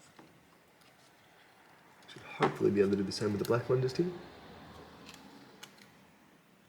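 The small black plastic cover piece on the back cover of a Dell G3 15 laptop screen assembly is being handled before it is pushed down into position. Someone talks in the middle of the clip, followed by a few faint, brief handling ticks. Nothing has seated or clicked yet.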